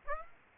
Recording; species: mosquito wingbeat signal from an infrared sensor; Aedes aegypti